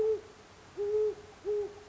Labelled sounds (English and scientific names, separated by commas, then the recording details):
Great Horned Owl (Bubo virginianus)
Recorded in Sonoma County, California